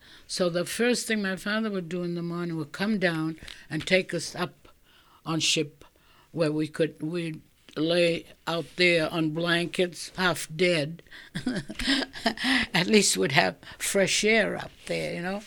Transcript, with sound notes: So the first thing my father would do in the morning, he would come down and take us up on ship where we could, we'd lay out there on blankets half dead. ( she laughs ) At least we'd have fresh air up there, you know.